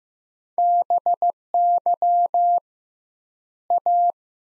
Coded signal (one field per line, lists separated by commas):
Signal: Morse code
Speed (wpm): 15 wpm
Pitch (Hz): 700 Hz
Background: none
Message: BY A